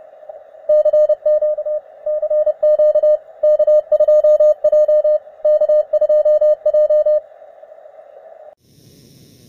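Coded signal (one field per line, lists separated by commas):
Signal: Morse code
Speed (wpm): 30 wpm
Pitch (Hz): 610 Hz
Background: radio noise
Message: CMT CQ K2J K2J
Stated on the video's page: VHF field day CW from an ICOM IC-706mk2g, inverted V on 7 MHz, 7-element Yagi on 144 MHz.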